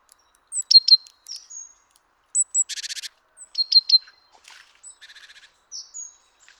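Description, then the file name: Great tit calls: sharp high chirps in short groups, thin whistled notes and harsh buzzy churring rattles, given irregularly. "Parus major"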